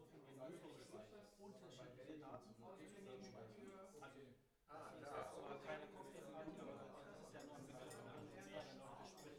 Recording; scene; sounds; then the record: everyday scene through a hearing-aid microphone; many people talking; many voices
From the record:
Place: bistro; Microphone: behind the ear, right, rear